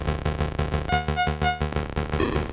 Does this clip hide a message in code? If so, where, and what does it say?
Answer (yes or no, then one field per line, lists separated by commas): no